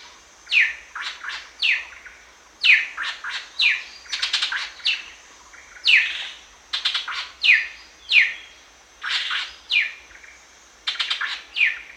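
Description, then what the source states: Greater racket-tailed drongo in a long run of harsh, ringing downslurred notes and rapid clustered chips, almost continuous with brief pauses. Recorded at Danum on 1 January 2008.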